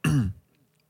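A single short, low-pitched, voiced throat clear from an adult, lasting about a third of a second, then quiet. It is a lingering throat clear from a mild cold that is still hanging on.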